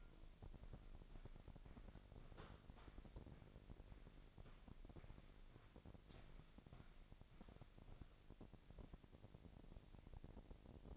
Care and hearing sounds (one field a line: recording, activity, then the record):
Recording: daily activity, microphone in the room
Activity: walk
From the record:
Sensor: 5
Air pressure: 1001.7 hPa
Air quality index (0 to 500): 184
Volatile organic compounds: 12 ppm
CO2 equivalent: 2362 ppm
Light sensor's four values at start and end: 32/106/40/43 and 32/105/40/42